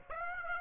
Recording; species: mosquito wingbeat signal from an infrared sensor; Aedes aegypti